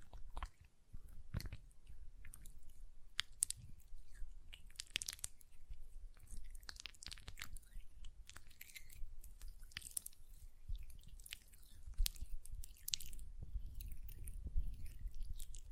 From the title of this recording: ASMR Hand Sounds, Nail Tapping and Lotion Sounds